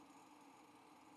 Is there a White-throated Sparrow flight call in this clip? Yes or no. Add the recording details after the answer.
no. No flight call is heard. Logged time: 05:52 on 5 December 2014